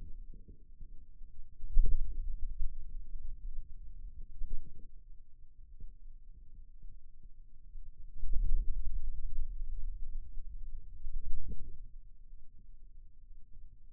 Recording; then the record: forearm muscle sounds (acoustic myography)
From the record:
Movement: wrist extension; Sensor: system 2, bracelet of six BSWA MPA416 microphones around the upper forearm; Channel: 1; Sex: male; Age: 22 years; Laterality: right